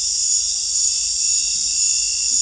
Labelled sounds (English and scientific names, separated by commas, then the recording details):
none
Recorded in dense forest near Puerto Asís, Putumayo, Colombia, on 20 December 2024 at 19:00
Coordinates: 0.467, -76.328
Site GP05